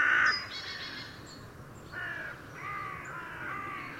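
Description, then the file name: Carrion crow with a loud rasping caw at the start, followed by a few softer, drawn-out hoarse calls. "Corvus corone"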